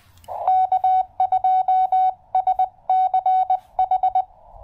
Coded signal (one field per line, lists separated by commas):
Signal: Morse code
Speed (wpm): 20 wpm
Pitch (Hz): 750 Hz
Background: none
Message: K2SCH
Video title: Knocking out a QRP POTA activation with Jonathan (KM4CFT)!